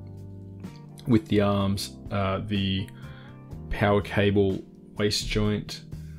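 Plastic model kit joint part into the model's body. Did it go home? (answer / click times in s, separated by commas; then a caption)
no / none. A plastic part, an arm or the power cable/waist joint, is handled against the body of an RG 1/144 Sinanju Metallic Gloss Injection plastic model kit while someone talks over background guitar music. Nothing has seated or clicked yet; the clip ends just before the part goes home.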